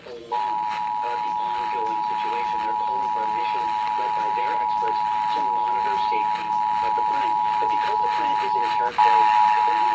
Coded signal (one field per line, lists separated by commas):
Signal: Emergency Alert System (SAME) tones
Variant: 853 and 960 Hz attention tone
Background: speech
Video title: Texas Required Monthly Tests for August (EAS #183-193) (Read Description)